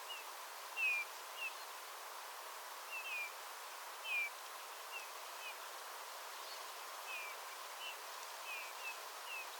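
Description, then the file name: Eurasian bullfinch calls: soft, short downward-slurred piping whistles given at irregular intervals, some doubled, against a constant low hiss. "Pyrrhula pyrrhula"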